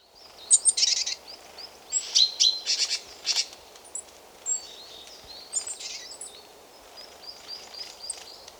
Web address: SETE data Parus major